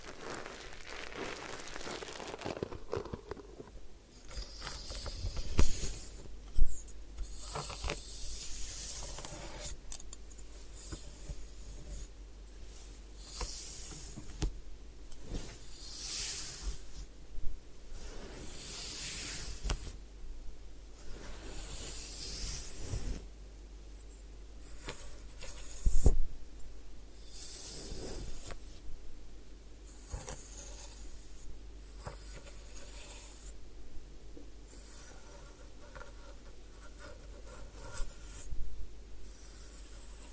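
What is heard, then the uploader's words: A head spa hair wash and massage: bursts of bright hissing and scratchy rubbing come and go every few seconds, some brief, some lasting several seconds. A steady low hum runs underneath, with a few sharp knocks near six and twenty-six seconds. Head Spa Hair Wash, Massage, Ear Cleaning.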